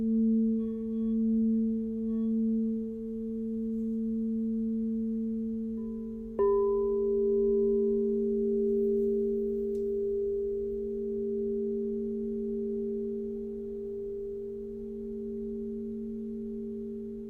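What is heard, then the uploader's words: A crystal singing bowl hums a steady pure tone with a higher ring above, briefly struck again around six seconds, then sustaining evenly. I was guided to record 7 crystal singing bowl clips.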